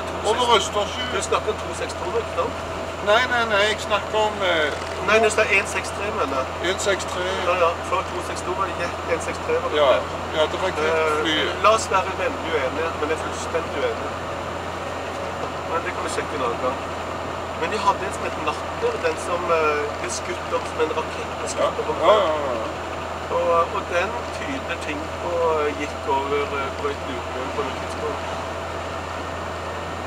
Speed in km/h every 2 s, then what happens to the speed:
75, 74, 76, 76, 77, 77, 77, 76, 76, 74, 74, 74, 75, 75, 76.
0-30 steady at about 76.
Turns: none.